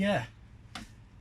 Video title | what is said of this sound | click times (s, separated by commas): 1974 Chevrolet front suspension replacement, complete guide | popped into place right up there then you're gonna need to position it down | 0.8 s